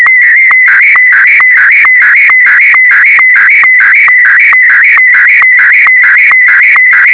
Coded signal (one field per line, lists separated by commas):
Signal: SSTV (slow-scan television)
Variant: Martin 1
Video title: 🔥 📡 Secret Message 📡 🔥